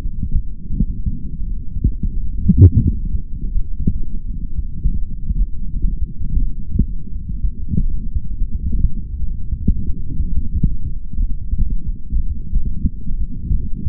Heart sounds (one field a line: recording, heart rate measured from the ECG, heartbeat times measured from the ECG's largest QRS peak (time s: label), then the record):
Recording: heart sounds by stethoscope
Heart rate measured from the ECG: 87 bpm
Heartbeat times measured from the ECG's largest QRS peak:
0.01 s: heartbeat
0.72 s: heartbeat
1.42 s: heartbeat
2.12 s: heartbeat
2.81 s: heartbeat
3.53 s: heartbeat
4.24 s: heartbeat
4.96 s: heartbeat
5.68 s: heartbeat
6.41 s: heartbeat
7.11 s: heartbeat
7.82 s: heartbeat
8.50 s: heartbeat
9.18 s: heartbeat
9.86 s: heartbeat
10.52 s: heartbeat
11.18 s: heartbeat
11.84 s: heartbeat
12.50 s: heartbeat
13.16 s: heartbeat
13.83 s: heartbeat
From the record:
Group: healthy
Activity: light exercise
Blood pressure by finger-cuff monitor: 122/67 mmHg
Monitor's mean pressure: 85 mmHg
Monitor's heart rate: 84 bpm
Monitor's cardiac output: 4.9 L/min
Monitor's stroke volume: 57 mL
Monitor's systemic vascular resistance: 1250 dyn s/cm5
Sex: male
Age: 55 years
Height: 167 cm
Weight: 57.2 kg